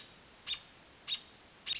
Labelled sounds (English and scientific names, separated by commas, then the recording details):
American Robin (Turdus migratorius)
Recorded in Sonoma County, California